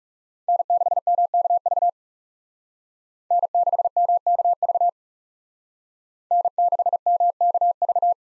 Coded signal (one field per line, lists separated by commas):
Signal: Morse code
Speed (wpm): 38 wpm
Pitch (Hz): 700 Hz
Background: none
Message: N6MKV N6MKV N6MKV